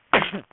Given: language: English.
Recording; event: throat vibration sensor signal played as sound; cough